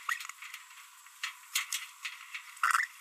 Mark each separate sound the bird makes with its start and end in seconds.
2.63-2.87